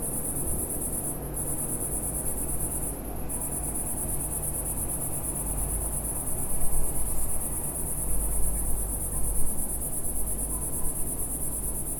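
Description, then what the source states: Cicada singing a steady, piercing high-pitched drone that briefly cuts out twice early on, over a low background rumble. Single cicada in a garden in a small village in Picardy, northern France; early evening warmth, among lavender and myrtle bushes.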